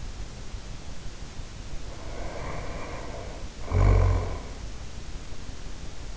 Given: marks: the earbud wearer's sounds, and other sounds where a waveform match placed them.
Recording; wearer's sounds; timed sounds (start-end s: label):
sounds in sleep by an in-ear microphone; snoring breath
1.92-4.59 s: snoring breath